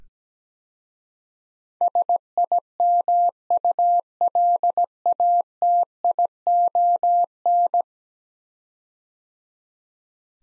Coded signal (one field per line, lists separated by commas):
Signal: Morse code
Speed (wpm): 17 wpm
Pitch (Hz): 700 Hz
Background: none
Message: SIMULATION